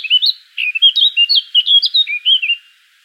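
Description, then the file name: Eurasian blackcap song, a short, rich warbled phrase of quick fluty notes that rise and fall, with a brief pause near the start. "Sylvia atricapilla"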